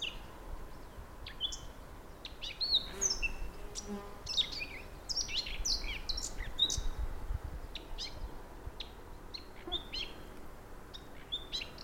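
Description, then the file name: Eurasian blackcap warbling song of quick varied chirps and short whistles, overlapping in busy bursts, with a low background hum throughout. "Sylvia atricapilla"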